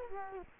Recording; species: mosquito wingbeat signal from an infrared sensor; Culex quinquefasciatus